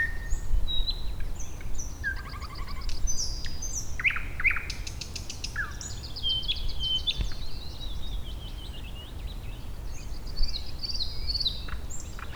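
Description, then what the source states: Thrush nightingale song, long and varied: sharp clicks, whistles and rapid churring bursts that continue throughout, with a constant low background rumble. Recorded at Warta, Poland, in April 2010.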